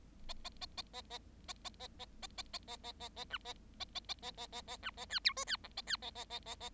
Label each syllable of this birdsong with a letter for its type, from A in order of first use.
A A A A A A A A A A A A A A A A A B A A A A A A A A B A C D E C F A C A A A A A